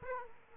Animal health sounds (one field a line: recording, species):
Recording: mosquito wingbeat signal from an infrared sensor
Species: Aedes aegypti